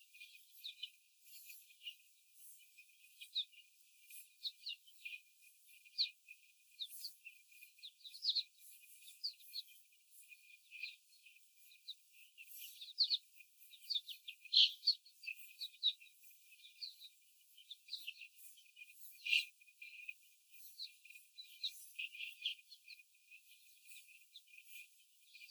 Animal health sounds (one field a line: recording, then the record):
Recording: young laying hens in a cage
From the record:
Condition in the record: after the stressor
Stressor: simulated dog barking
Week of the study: 4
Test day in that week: 1